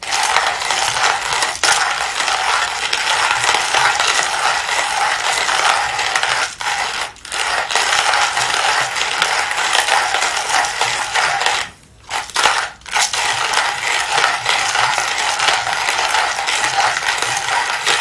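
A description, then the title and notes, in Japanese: Mocha blend coffee beans are roasting, giving a dense, steady rattle and clatter of tumbling beans that fills the whole stretch. The sound is bright and even, with a few brief drops near 7 seconds and again around 12 to 13 seconds. 今朝は”モカブレンド”を焙煎。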